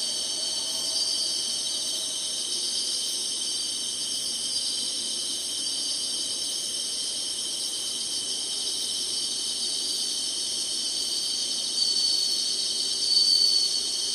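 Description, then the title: Insects in a dense, steady chorus of high shrill buzzing that holds without a break, with a couple of brief louder swells near the end. Singing, in summer. "SINGING INSECTS SUMMER"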